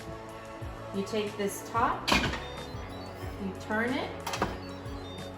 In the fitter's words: it locks into place and then you can turn this knob